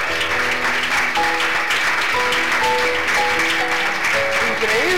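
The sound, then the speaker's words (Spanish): A church audience claps steadily for several seconds to praise the Lord during a sermon, a dense wash of applause with no gaps, while sustained musical tones, like a keyboard, play softly underneath. “Aplauda al Señor si lo quiere aplaudir.”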